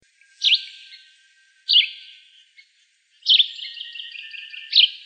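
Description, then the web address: Yellow-green vireo calling in sharp, high, dropping chirps, four notes about one and a half seconds apart, each followed by a fading tail. Recorded in Texas, June 2005. "Shrikes Vireos YGVI TX 062005. deviche"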